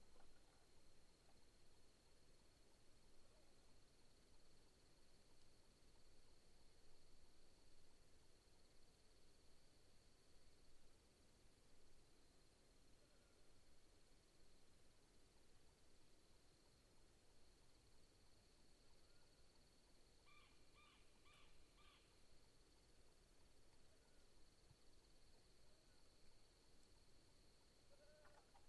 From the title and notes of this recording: Deeply Quiet Night In The Outback. The deepest quiet I have ever experience in my life was on this cool night in Mungo National Park. My microphones were out about a kilometer away in a small pocket of Mallee woodland where a few sounds could still be heard.